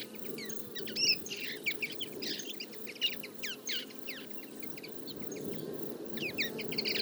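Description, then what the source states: Common Linnet twittering, a busy jumble of chirps and short notes from several birds, over a soft low hum. Flock of about fifty feeding in a field, late summer; calls, flights and autumn babbling; recorded for an hour with a single-microphone parabola.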